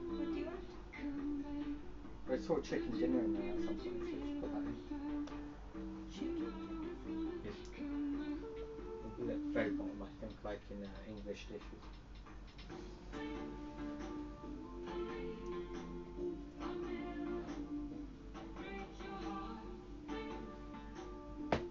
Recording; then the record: background sound without coughing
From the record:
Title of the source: BackgroundMusic3